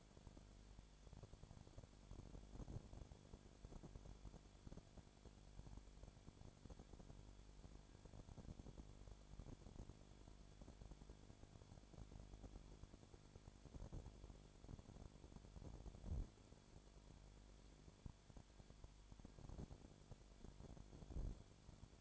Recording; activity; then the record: daily activity, microphone in the room; no activity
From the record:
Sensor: 5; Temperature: 20.2 degrees Celsius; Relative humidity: 36.5%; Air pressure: 1001.2 hPa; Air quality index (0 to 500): 177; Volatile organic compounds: 4 ppm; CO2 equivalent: 1618 ppm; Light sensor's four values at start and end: 2/3/1/1 and 2/3/1/1